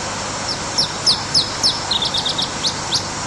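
Iberian chiffchaff song: a series of high, sharp descending notes repeated about three per second, shifting midway into a quicker run of flatter chirps before returning to sweeping notes; faint background hiss.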